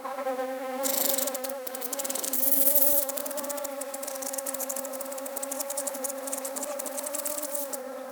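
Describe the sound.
Insect buzzing, a steady low droning hum with rich overtones, swelling louder for a few seconds and then continuing evenly with slight flutter.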